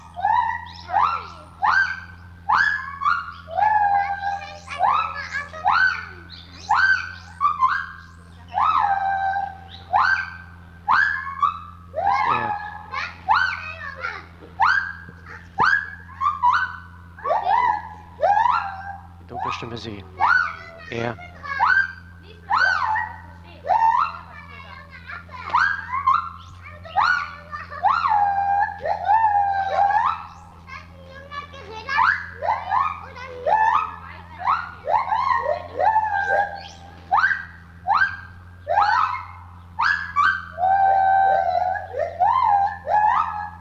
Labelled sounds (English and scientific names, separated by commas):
Lar Gibbon (Hylobates lar)